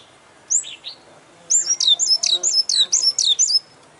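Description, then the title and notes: Oriental magpie-robin song: two opening whistles, then a rapid run of about a dozen high, looping whistled notes delivered in quick succession. Champion bird in continuous song (gacor), a masteran selection. "Kacer Juara Gacor. Kumpulan Suara Burung Masteran Pilihan"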